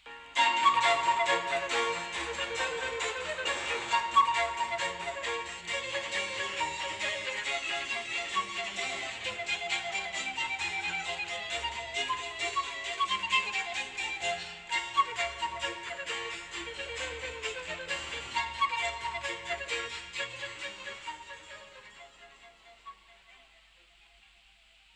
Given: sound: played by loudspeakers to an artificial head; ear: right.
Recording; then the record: music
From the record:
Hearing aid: class 2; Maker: E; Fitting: closed earmoulds, the maker's default for a moderate loss (N3)